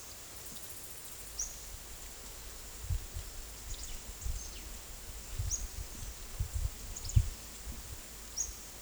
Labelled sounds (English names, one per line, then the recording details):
none
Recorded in secondary vegetation near Puerto Asís, Putumayo, Colombia, on 22 December 2024 at 13:00
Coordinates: 0.468, -76.324
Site G095